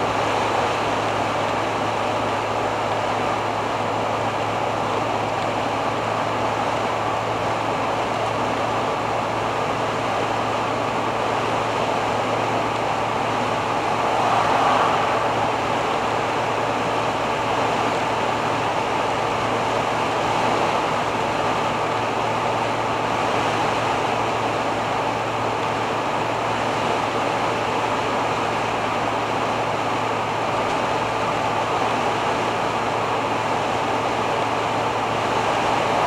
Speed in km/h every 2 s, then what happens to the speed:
96, 97, 98, 99, 99, 101, 101, 101, 101, 101, 101, 100, 101, 101, 101, 100, 101, 101.
0-36 steady at about 101.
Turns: none.